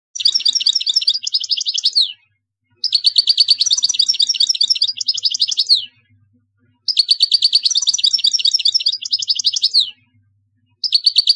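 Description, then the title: European goldfinch song: bright, rapid twittering phrases of tinkling, buzzy notes, each lasting about two to three seconds and separated by short pauses, three full phrases and a fourth beginning. "Chant Chardonneret"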